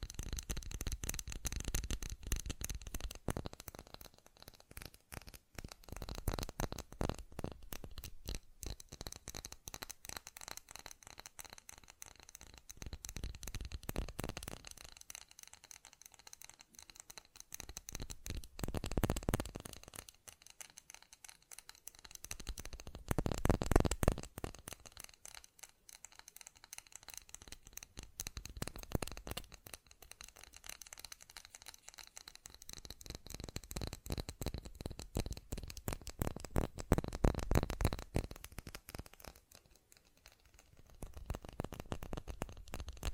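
Fast tapping runs through the whole clip as a dense, rapid stream of sharp clicks with a dry, papery texture. The tapping swells and thins in waves, with quieter stretches around 16, 20, 26, 31 and 40 seconds and louder bursts between.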